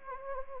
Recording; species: mosquito wingbeat signal from an infrared sensor; Anopheles gambiae